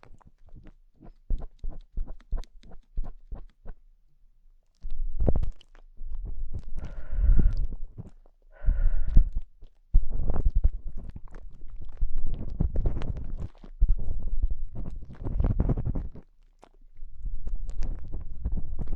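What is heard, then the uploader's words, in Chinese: Ear cleaning with assorted sticks: sharp scratchy taps at first, then dense rubbing and scraping in bursts, with brief squeaky tones near seven and nine seconds. 用各种棒棒清理你的耳朵。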